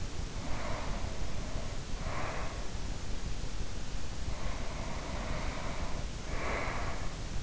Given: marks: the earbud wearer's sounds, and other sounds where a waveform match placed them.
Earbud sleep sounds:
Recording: sounds in sleep by an in-ear microphone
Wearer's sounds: breath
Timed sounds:
0.28-2.91 s: breath
4.21-7.43 s: breath

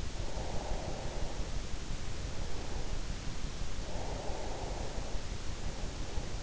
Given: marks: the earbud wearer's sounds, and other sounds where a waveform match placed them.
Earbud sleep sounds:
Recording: sounds in sleep by an in-ear microphone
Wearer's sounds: breath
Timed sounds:
0.10-2.37 s: breath
3.67-6.43 s: breath

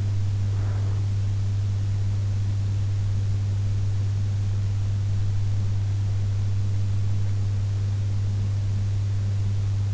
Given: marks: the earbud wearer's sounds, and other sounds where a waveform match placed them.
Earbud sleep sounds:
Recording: sounds in sleep by an in-ear microphone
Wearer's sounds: breath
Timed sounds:
0.00-1.56 s: breath

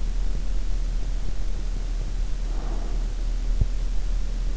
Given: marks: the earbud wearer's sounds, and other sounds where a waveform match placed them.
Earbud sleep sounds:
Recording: sounds in sleep by an in-ear microphone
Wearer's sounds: breath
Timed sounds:
2.13-3.11 s: breath

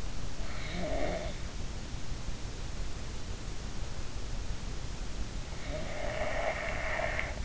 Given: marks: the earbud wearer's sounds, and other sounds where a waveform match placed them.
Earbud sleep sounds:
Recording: sounds in sleep by an in-ear microphone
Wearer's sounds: snoring breath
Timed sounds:
0.60-1.45 s: snoring breath
5.67-7.45 s: snoring breath

